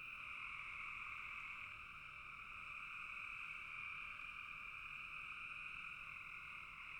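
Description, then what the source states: Frogs croaking together as one unbroken, even trill, a two-toned humming wall of sound with nothing else standing out. Frogs in a bog.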